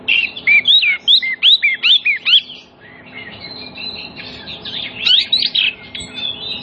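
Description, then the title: Oriental magpie-robin song, a quick run of rapid whistled notes, a brief pause, then softer jumbled twittering and a few sharper whistles. Song of a magpie-robin played as a lure to prompt other magpie-robins to start singing within minutes, aimed at birds that have stopped singing. "Cukup Hitungan Menit Kacer Lain Bisa Bunyi. CUKUP 5 Menit Kacer LAIN NYAUT JADI GACOR, PANCINGAN KACER MACET BUNYI"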